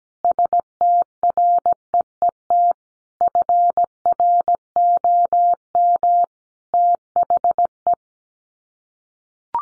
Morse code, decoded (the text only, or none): STREET FROM THE